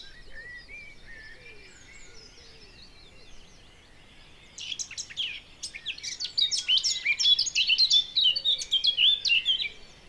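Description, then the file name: Eurasian blackcap song bursts in after about four quiet seconds, fast and varied, with sharp chips mixed among sweeter whistled phrases; faint bird calls earlier. "Sylvia atricapilla"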